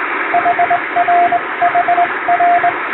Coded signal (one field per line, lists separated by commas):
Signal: Morse code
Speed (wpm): 20 wpm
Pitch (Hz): 700 Hz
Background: radio noise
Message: HRHR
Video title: 【実演！無線通信士がモールス符号を打つ】和文ＣＷを縦振り電鍵で叩いてみました。生身のモールス信号でアマチュア無線の受信練習をしてみませんか(training for radio operator)